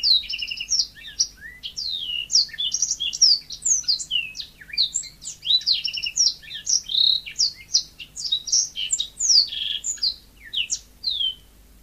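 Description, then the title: Oriental magpie-robin song: a long, nearly continuous stream of high, varied whistled and slurred notes, quick and richly patterned, over a faint low hum. "Kicau Kacer"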